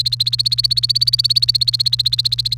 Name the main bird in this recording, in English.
Domestic Canary